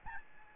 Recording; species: mosquito wingbeat signal from an infrared sensor; Aedes albopictus